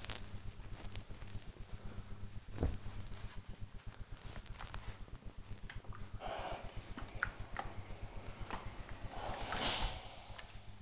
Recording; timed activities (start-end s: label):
household activities, microphone on the right wrist
0.00-10.81 s: ironing laundry